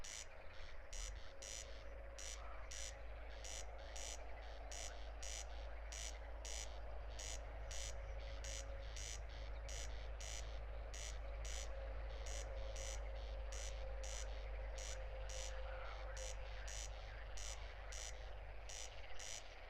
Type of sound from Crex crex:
song